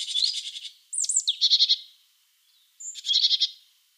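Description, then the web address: Great tit calls: brief buzzy, pulsed churrs, broken by a sharp whistled note that drops in pitch, then a final rasping burst. "Schulze Peter Great Tit calls"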